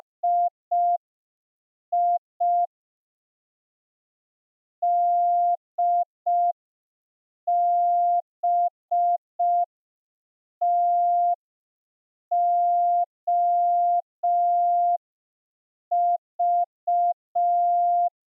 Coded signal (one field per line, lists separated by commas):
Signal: Morse code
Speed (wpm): 5 wpm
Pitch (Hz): 700 Hz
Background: none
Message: II DBTOV